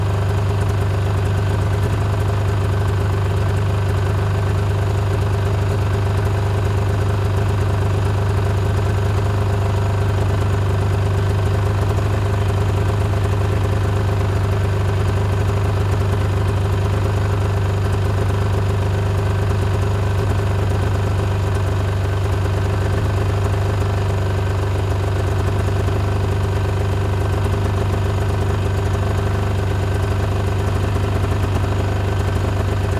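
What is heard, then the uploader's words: A snowmobile idles steadily, its engine holding a deep, even rumble with a low hum at the bottom and a fainter mid-pitched drone above. The purr stays constant throughout, with a light rattling texture and no changes in speed. The calming and comforting sounds of a snowmobile idling. The steady, rhythmic purr of the snowmobile.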